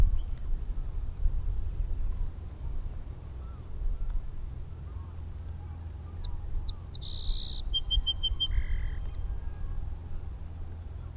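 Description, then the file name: Song sparrow song: two sharp introductory notes, a loud buzzy burst, then a quick trill of repeated notes and a lower buzz, over steady low rumbling background noise. Recorded at Inner Point in 2012. "SOSP Inner Point"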